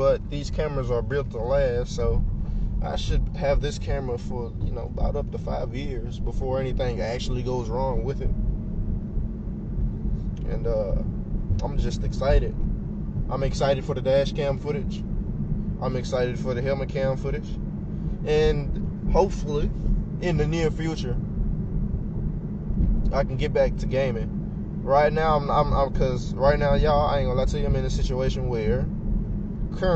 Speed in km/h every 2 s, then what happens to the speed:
21, 21, 27, 32, 37, 37, 39, 39, 40, 40, 40, 42, 42, 40, 39.
2-8 speeds up to 37. 8-30 steady at about 40.